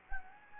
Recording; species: mosquito wingbeat signal from an infrared sensor; Anopheles gambiae